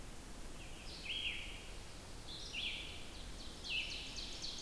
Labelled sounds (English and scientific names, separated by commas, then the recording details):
Red-eyed Vireo (Vireo olivaceus) song
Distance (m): 65 m
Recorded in boreal forest in Alberta, Canada, on 14 June 2016 at 06:41
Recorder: SongMeter 3, array SBT-3-33
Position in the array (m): 153 m, 181 m